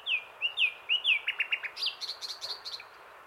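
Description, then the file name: Common nightingale song phrase: five loud slurred whistles followed by rapid clicking notes and a quick, jumbled chattering run that fades out. "Luscinia megarhynchos"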